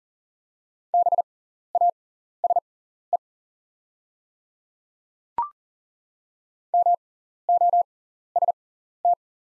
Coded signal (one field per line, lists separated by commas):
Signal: Morse code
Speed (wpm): 40 wpm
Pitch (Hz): 700 Hz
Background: none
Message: BASE MOST